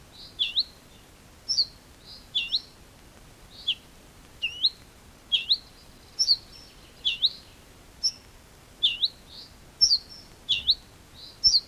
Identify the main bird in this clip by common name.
Ortolan Bunting